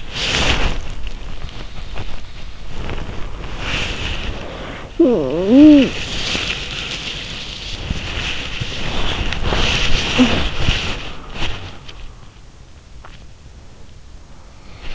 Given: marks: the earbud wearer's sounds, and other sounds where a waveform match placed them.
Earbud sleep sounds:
sounds in sleep by an in-ear microphone; body movement, talking in sleep, swallowing
0.00-14.95 s: body movement
4.92-6.04 s: talking in sleep
13.03-13.17 s: swallowing

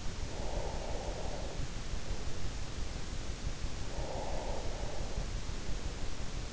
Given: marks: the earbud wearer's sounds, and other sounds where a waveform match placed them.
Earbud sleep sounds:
sounds in sleep by an in-ear microphone; breath
0.27-2.34 s: breath
3.97-5.68 s: breath

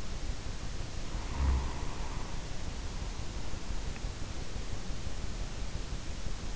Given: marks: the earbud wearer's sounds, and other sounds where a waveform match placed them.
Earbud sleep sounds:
sounds in sleep by an in-ear microphone; snoring breath
0.96-3.53 s: snoring breath

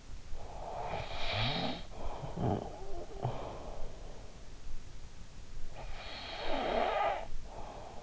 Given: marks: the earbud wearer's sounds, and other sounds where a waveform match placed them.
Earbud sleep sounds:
sounds in sleep by an in-ear microphone; snoring breath
0.64-4.08 s: snoring breath
5.87-8.03 s: snoring breath

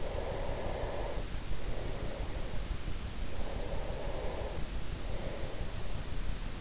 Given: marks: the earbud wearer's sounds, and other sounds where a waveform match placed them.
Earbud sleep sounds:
sounds in sleep by an in-ear microphone; breath
0.17-3.08 s: breath
3.48-6.34 s: breath

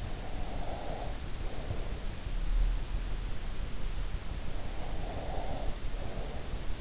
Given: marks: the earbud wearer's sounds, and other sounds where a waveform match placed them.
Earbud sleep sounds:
sounds in sleep by an in-ear microphone; breath
0.24-2.16 s: breath
4.90-6.81 s: breath

